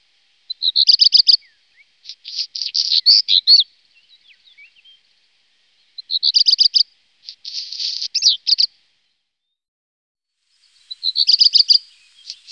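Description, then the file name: Black redstart song: three short strophes, repeated about every five seconds, each opening with a quick run of bright whistled notes; the first two then have a dry, crackling, scratchy section, and the last is cut short. "Hausrotschwanz"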